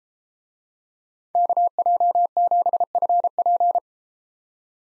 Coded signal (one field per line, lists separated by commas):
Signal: Morse code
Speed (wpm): 33 wpm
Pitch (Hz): 700 Hz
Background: none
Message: KJ7FP